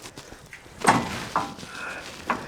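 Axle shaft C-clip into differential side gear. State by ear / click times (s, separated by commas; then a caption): not seated / none. A front axle shaft is slid into the differential side gear, with a broad scraping burst near 0.9 s and sharp knocks at about 0.5, 1.4 and 2.3 s from handling. The splines engage, but the C-clip has not clicked into its groove and the axle is not seated all the way.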